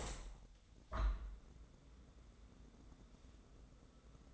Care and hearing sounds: daily activity, microphone in the room; open window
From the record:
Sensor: 3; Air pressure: 1012.2 hPa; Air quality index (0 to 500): 133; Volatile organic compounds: 2 ppm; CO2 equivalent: 1032 ppm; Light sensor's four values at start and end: 171/413/168/154 and 170/408/166/154

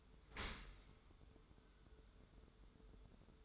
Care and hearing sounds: daily activity, microphone in the room; open dishwasher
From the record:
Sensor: 3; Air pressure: 1014.9 hPa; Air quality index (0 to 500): 42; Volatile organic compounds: 1 ppm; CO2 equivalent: 602 ppm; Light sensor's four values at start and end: 12/27/11/11 and 12/27/11/11

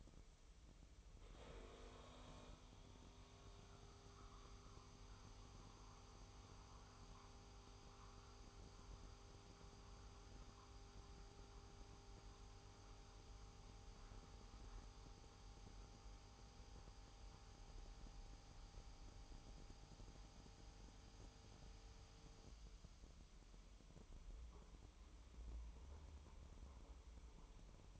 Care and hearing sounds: daily activity, microphone in the room; make coffee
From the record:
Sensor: 1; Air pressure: 988.5 hPa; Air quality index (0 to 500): 197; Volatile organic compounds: 946 ppm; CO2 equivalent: 5241 ppm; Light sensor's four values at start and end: 26/95/36/37 and 26/95/36/37

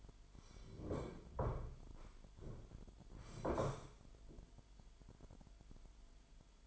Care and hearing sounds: daily activity, microphone in the room; sit down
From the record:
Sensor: 5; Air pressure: 998.6 hPa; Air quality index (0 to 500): 84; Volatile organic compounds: 1 ppm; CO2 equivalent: 956 ppm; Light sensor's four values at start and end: 37/90/37/41 and 37/89/37/41

